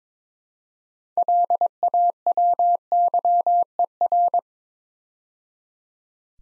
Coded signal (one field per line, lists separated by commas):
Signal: Morse code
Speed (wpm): 22 wpm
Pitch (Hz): 700 Hz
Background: none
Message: LAWYER